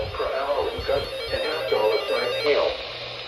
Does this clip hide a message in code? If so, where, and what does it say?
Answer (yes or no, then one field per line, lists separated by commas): no